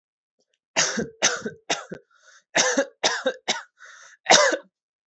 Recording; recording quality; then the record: heavy voluntary cough; excellent, no background noise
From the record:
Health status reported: healthy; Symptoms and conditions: none ticked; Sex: male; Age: 22 years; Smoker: not ticked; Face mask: not worn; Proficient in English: yes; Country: India